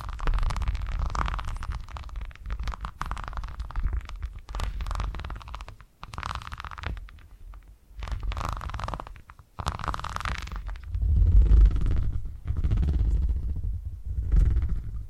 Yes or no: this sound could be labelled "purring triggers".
yes